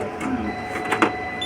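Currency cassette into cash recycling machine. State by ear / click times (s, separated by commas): seated / 1.0 s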